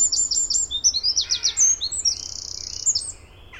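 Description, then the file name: Eurasian wren pouring out sharp high notes, then a fast buzzing trill and a few final notes. "Troglodytes troglodytes"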